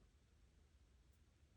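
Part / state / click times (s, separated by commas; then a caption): phone grip top socket onto its mounting base / not seated / none. The top socket of a phone grip is lined up with the grip's plastic base in quiet handling, with only a steady low rumble and faint background hiss. The top has not yet been turned clockwise, and nothing has seated or clicked yet.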